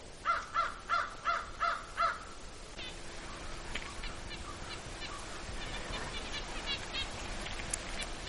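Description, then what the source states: American crow cawing: six harsh caws in an even, quick series over about two seconds. Crows very noisy, possibly getting ready to leave the Gunflint Trail for winter; most go further south, a few stay along Lake Superior shores.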